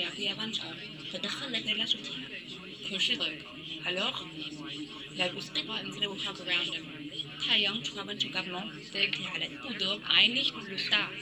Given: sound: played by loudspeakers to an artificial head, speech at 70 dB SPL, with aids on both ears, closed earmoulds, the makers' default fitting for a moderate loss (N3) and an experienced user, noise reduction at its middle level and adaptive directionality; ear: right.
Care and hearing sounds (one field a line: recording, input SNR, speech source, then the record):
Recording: speech test signal (ISTS) in cocktail-party noise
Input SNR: 0 dB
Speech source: on the right (90 degrees)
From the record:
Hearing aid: class 1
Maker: C